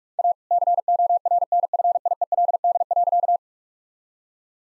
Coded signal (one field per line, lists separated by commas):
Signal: Morse code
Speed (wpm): 43 wpm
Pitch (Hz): 700 Hz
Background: none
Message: A CORNFIELD.